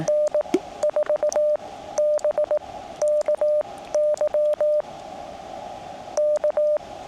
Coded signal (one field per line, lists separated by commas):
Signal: Morse code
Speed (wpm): 18 wpm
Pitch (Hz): 600 Hz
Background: radio noise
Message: N4BKY K